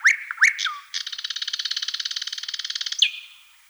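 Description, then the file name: Thrush nightingale song: two upslurred whistles and a falling note, then a long, regular rattling trill ending with a sharp accent. "solovey obyknovennyy golos"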